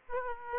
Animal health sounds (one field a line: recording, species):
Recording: mosquito wingbeat signal from an infrared sensor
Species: Aedes aegypti